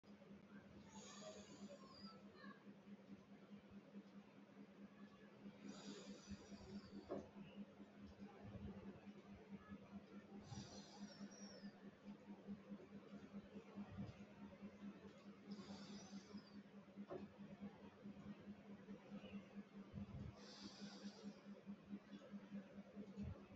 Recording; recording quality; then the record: deep breathing; moderate, slight background noise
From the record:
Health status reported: healthy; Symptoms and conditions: none ticked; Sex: female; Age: 34 years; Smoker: not ticked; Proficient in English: yes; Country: India